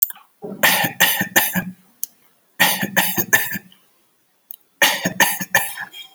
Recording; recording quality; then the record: shallow voluntary cough; excellent, no background noise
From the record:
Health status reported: exposed to COVID-19, no respiratory illness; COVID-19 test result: not tested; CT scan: not taken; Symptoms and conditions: none ticked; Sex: male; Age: 42 years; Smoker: no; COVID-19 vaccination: none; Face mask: not worn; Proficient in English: yes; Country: India